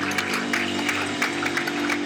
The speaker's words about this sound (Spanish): Denle un gran aplauso al Señor esta mañana.